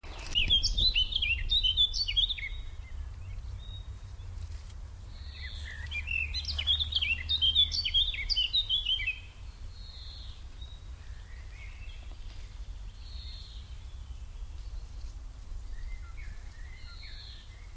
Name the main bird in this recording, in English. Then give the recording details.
Eurasian Blackcap. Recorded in the wild. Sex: male. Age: adult. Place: Botanische Anlage Blankenfelde, Berlin, DE. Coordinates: 52.603, 13.4. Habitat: park. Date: 1996-07-07 17:36. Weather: sunny, 18°C. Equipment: Sony MD-WM MZ-R3, Sennheiser MKH 416 T, Kopie Uher 4000 Report Monitor. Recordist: Tembrock, Günter. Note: Zwei Strophen. Auf Band als Gartengrasmücke bezeichnet